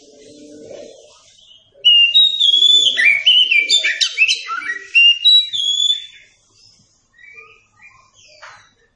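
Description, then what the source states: Oriental magpie-robin song: a brief soft note, then a loud four-second cascade of varied whistles and chirps, trailing into a few scattered high notes. Masteran (training song recording) meant for teaching captive Kacer birds to sing.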